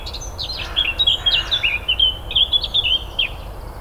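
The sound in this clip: Eurasian blackcap sings a rapid scratchy warble of short high notes, starting after half a second and continuing until just before the end, with low steady background noise.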